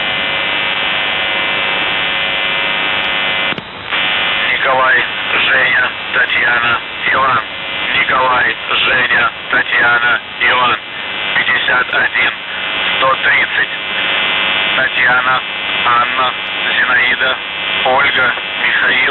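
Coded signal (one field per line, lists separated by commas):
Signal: coded military voice message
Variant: UVB-76, Russian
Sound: brief harsh buzz, then a man speaking Russian over a narrow, noisy radio channel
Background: radio static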